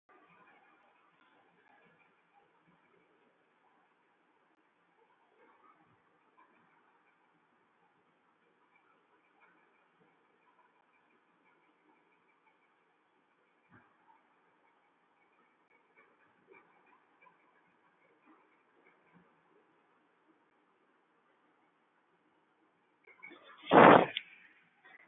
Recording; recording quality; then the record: shallow breathing; moderate, slight background noise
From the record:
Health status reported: healthy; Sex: male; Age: 20 years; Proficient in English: yes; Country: India